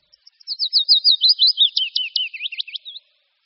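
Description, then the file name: Willow warbler singing one descending phrase, soft lead-in notes followed by a run of clear whistled notes dropping slowly in pitch. "Budníček-větší"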